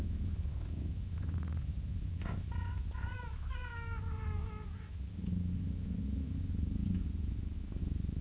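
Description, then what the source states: Cat meowing and purring: a short series of soft, slightly falling meows in the middle, over a steady low purring rumble throughout. Gently meowing and purring at long intervals.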